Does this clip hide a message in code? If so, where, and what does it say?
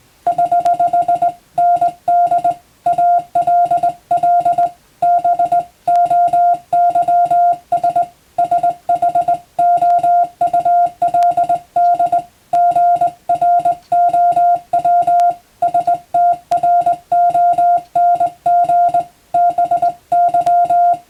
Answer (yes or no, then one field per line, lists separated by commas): yes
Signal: Morse code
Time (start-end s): 0.3-20.9 s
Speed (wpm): 20 wpm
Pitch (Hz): 700 Hz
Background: music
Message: <HH> ND ALL BOYS SHOULD GROW STRONG BY